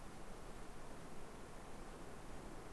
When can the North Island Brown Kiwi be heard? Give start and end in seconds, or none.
none